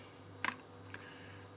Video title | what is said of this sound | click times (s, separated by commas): S2: Bessa 66 quick start guide, loading and settings | is a lot easier said than done there you go and you hear the click so that's the film loaded | 0.4 s